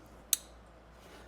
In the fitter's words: Hear that click?